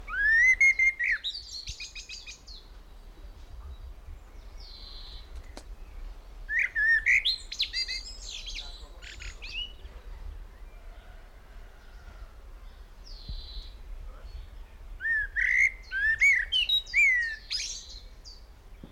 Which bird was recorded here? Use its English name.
Common Blackbird